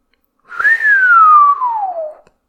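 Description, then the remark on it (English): A man lets out a single long, low whistle that rises briefly, then slides steadily downward in pitch over nearly two seconds, clear and steady with no talking around it. “… let out a long, low whistle.”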